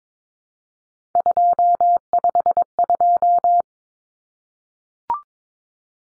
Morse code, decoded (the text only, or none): 252